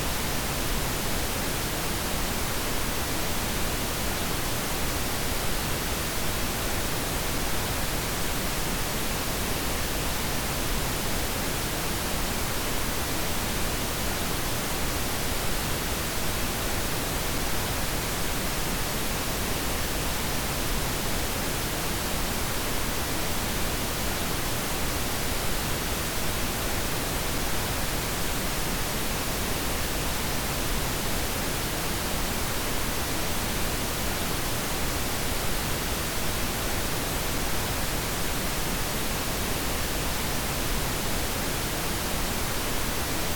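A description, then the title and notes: Pure pink noise hisses steadily throughout, a dense, even rush weighted slightly toward the low end, with no changes or other sounds. White Noise Serenity: Pure Pink Noise.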